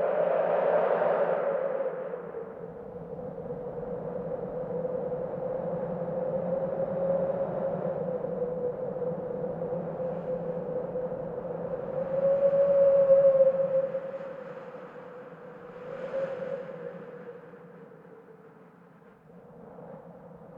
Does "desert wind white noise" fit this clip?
yes